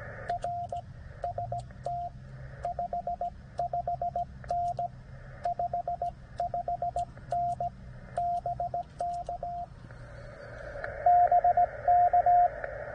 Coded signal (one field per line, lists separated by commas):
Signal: Morse code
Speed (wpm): 17 wpm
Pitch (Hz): 700 Hz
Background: radio noise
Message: R ST 55N 55N BK BK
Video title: K-3783 POTA in CW 6 OCT 2023